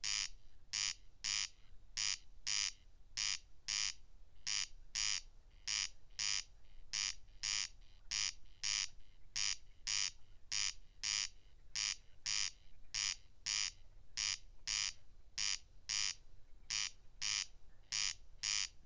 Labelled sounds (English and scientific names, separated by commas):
Corn Crake (Crex crex) song